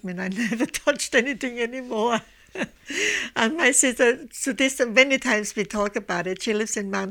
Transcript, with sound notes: I never touched anything any more. ( she laughs ) And my sister, to this, so many times we talked about it, she lives in Mt.